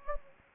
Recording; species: mosquito wingbeat signal from an infrared sensor; Anopheles gambiae